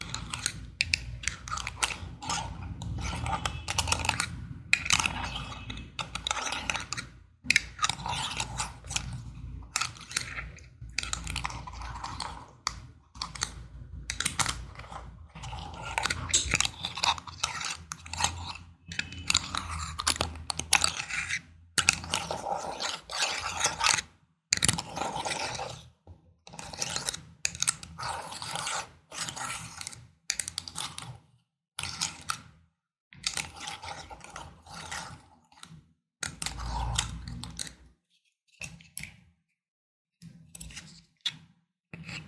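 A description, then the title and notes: Glass being scratched in a continuous run of gritty, rasping strokes that fill most of the 42 seconds. The scraping comes in dense bursts with brief silent gaps, some strokes brighter and sharper than others, over a low rumble that fades after about seventeen seconds. Glass scratching.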